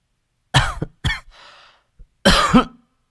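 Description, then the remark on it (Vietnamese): A woman gives a few short coughs, two quick sharp bursts followed by a breathy intake, then a longer final cough that ends in a low, raspy throat-clearing rumble. No one speaks. “Cô … khẽ ho.”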